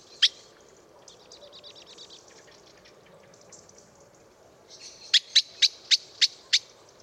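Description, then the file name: Common blackbird calls: one sharp chink, a soft twittering passage, then six loud, clipped chinks about four per second. "Turdus merula"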